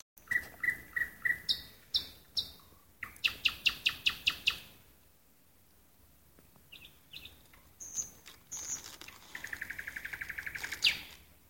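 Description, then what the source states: Nightingale song with varied phrases: rapid repeated notes, loud chattering bursts, high whistles and a fast buzzy trill, separated by short pauses. Song heard at night in a park.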